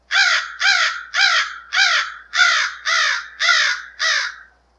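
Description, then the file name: Crow giving a series of eight harsh, hoarse caws, evenly spaced about every half second, each slightly arched in pitch. "corneille"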